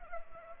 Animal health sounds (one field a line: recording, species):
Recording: mosquito wingbeat signal from an infrared sensor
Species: Culex pipiens